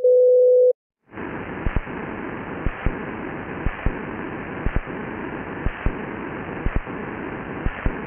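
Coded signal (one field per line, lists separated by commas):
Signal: radio time signal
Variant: DCF77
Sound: short steady tone, then radio hiss with a soft click each second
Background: radio static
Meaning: Second marks encoding the time code used to synchronize radio-controlled clocks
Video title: DCF 77 Time signal Mainflingen Germany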